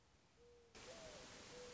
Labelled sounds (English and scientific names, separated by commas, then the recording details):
Mourning Dove (Zenaida macroura)
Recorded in Sonoma County, California